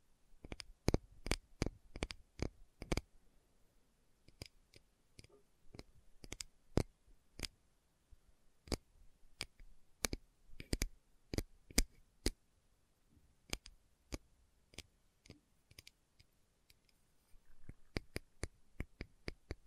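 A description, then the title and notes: Slow tapping made of sharp, crisp clicks that each stop almost instantly, with near silence between them. The pace is uneven: a quick run of taps opens, then sparser taps with pauses, and a brisk cluster returns near the end. ASMR Slow Tapping for Deep Sleep (No Talking).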